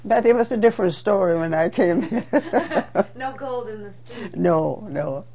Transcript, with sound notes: But it was a different story when I came here. (She laughs.)
No gold in the streets.
No, no.